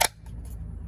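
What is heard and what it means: A rifle magazine is pushed into the magazine well of a custom Mesa stock on a Tikka T3 with a Carbon Six barrel in 300WM, where the well's lip was trimmed about 1/8 inch with a knife. A sharp handling knock comes at 0.1 s, followed by two faint soft taps at 0.3 s and 0.5 s over a low steady hum. The magazine has not seated or clicked yet by the end of the clip.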